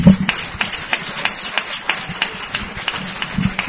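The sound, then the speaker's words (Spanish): An audience applauding storytellers at an event of the Don Cecilio cultural association: a scattered patter of hand claps, sharp and irregular, holding at a steady moderate level for a few seconds with a faint low murmur underneath. “Así que, por favor, darles un aplauso porque José Manuel García Bautista no está.”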